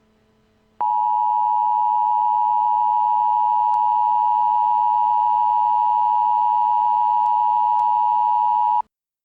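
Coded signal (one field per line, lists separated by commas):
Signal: Emergency Alert System (SAME) tones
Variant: 853 and 960 Hz attention tone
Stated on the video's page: Fictional EAS scenario.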